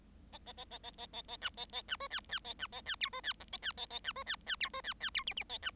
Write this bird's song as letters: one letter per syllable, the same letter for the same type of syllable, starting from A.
A A A A A A A A B A A B C D D A B A D E C D F A D A A B C D D E C D D E G G A B